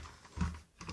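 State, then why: Not seated. A note acceptor door for a fruit machine is pushed up over the teeth of its toothed housing. A dull low thump is heard around 0.4 s, then two short, sharp ticks near 0.8 s and 0.9 s. The door is still being handled and nothing has latched into place yet.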